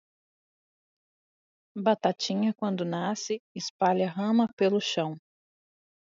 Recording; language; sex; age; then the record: short text; Brazilian Portuguese; female; 20 to 29 years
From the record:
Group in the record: control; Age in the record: 28 years